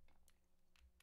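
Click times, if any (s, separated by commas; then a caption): none. A snap-fit plastic part of a Gyarados model kit is handled against its mating kit part, with a few brief bursts of handling noise and a low steady hum underneath. The clip ends just before the part goes home, so nothing has seated or clicked yet.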